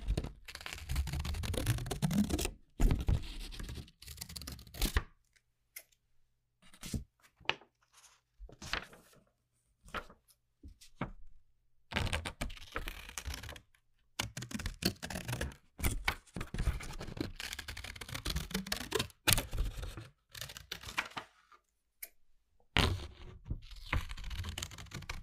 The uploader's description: simple things but big sounds that I find around the house